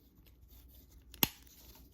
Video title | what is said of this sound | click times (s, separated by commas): Transformers Studio Series 86 Deluxe Class BLURR #studioseries86 #blurr #transformersg1 | there everything snaps right into place like that | 1.2 s